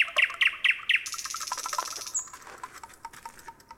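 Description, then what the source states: Common nightingale song: four loud, sharp notes repeated evenly, then a buzzy, rattling stretch that fades into softer scattered notes. Heard in cities.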